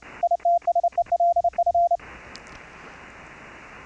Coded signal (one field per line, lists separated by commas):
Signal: Morse code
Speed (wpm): 30 wpm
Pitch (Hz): 690 Hz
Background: radio noise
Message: ITSELF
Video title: Remote OP laptop station setup to QSO CW on RiG in other room at low latency full duplex: LIVE demo